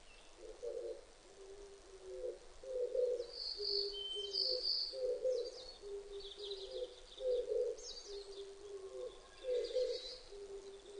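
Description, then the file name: Oriental turtle dove song, low husky coos in steady repeated phrases throughout, about one phrase every two seconds, with thin high bird chirps above. Recorded 19 April 2005. "050419 kijibato"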